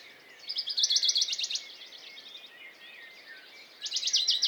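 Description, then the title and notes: Western Bonelli's warbler trill of quick dry notes, followed by the start of another near the end, with gentle background whistles of other birds. Dawn chorus, 6 May 2020, Piste aux espagnols, Valmaravel, Drôme; unpaired bird fixed on a small pine branch, rapid courtship song to attract a female, not territorial; Nagra Seven recorder, MKH40 microphone. "CHORUS DE BONELLI. 06 mai 2020-Piste aux espagnols - Valmaravel - Drôme. Pouillot de Bonelli (Phylloscopus bonelli)"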